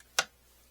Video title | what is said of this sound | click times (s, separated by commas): Sew Tech PA889M 6x6 or 150x150mm Magnetic Embroidery Hoop Unboxing and Review | And you hear the click. And then you know your hoop is attached correctly. | 0.2 s